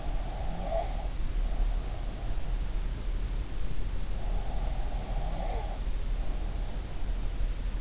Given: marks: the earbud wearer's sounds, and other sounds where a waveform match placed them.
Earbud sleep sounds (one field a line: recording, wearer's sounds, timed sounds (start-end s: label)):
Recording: sounds in sleep by an in-ear microphone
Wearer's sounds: breath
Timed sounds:
0.00-2.33 s: breath
4.58-6.61 s: breath